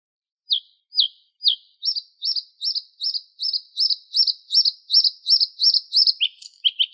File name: Luscinia svecica